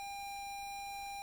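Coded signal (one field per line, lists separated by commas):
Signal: ZX Spectrum tape loading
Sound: steady buzzy lead tone around 800 Hz, held unchanged throughout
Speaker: Oh, it does. There it goes. So that is now going to load Jetpack, hopefully, off the TZX Drino.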